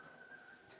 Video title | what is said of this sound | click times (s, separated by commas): ro filter change பண்றது எப்படி?? | இப்ப வந்து ஃபுல்லா லாக் ஆயிடுச்சு | 0.7 s